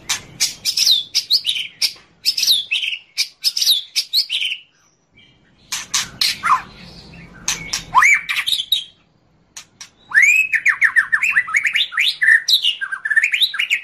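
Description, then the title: White-rumped shama song: rapid varied phrases of sharp clicks, buzzy notes and whistled rising and falling trills, broken by short pauses, ending in a long run of looping whistles. Song used as a training master for other cage birds to learn from. "MURAI BATU LABAIK"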